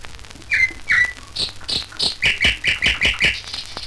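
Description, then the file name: Nightingale song opens with two slurred whistles, then sharp high notes building into a fast, regular run of loud repeated chirps. Recorded in nature. "Solovei s natury"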